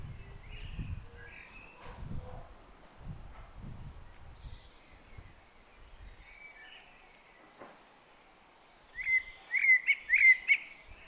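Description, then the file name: Eurasian blackbird: low rumbling noise for several seconds with faint whistles, then a Eurasian blackbird's short burst of clear fluted notes near the end. "Turdus merula"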